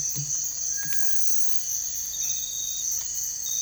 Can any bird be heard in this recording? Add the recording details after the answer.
yes. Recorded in dense forest near Puerto Asís, Putumayo, Colombia, on 21 December 2024 at 05:00. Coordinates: 0.484, -76.317. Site G026